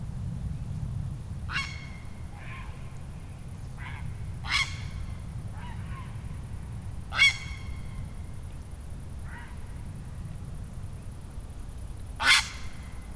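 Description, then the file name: Grey heron giving harsh, hoarse croaking squawks, several spaced a few seconds apart with softer croaks between, over a steady low rumble and a thin high whine. "Ardea cinerea"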